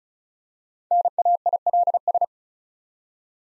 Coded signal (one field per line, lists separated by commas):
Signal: Morse code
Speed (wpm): 36 wpm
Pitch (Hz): 700 Hz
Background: none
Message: NAILS